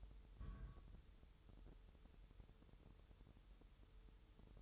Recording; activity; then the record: daily activity, microphone in the room; place on stove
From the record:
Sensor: 3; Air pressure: 988.3 hPa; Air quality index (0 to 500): 191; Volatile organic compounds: 272 ppm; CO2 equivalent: 4417 ppm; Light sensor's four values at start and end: 24/76/32/27 and 24/76/32/27